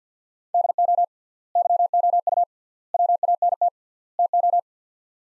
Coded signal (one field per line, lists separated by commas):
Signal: Morse code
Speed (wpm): 49 wpm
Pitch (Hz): 700 Hz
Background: none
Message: DO YOU WANT TO